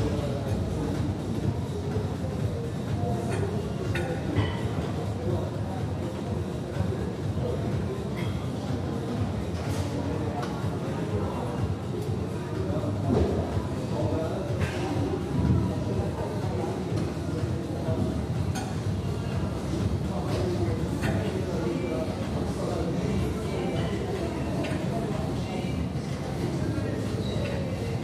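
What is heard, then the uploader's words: Gym ambience with a steady, dense murmur of voices and a low mechanical rumble running throughout. Sharp clinks of weights cut through every few seconds, a few standing out more clearly around the middle. The level stays even from start to finish. Iron Beats and Treadmill Rythm - Energizing and Soothing Ambiance of a Gym. Weight clinks and treadmill swooshes create a unique ambience, offering a sense of calm amidst the hustle.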